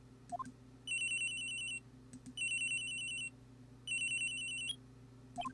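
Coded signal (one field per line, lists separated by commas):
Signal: none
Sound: phone ringtone in game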